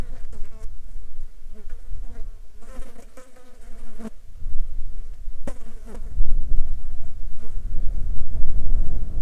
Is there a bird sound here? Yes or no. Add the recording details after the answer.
no. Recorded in the Arctic National Wildlife Refuge, Alaska, on 9 July 2019 at 13:42. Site 35